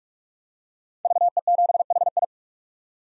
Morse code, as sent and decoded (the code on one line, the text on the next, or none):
...- . --... .... ..
VE7HI